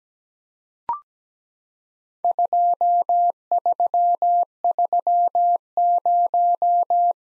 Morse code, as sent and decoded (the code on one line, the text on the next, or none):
..--- ...-- ...-- -----
2330